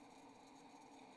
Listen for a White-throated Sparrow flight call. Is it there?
no